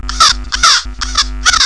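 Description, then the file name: Bird giving four harsh, hoarse caw-like calls in quick succession, each about a quarter second long, over a steady low hum. "vogel"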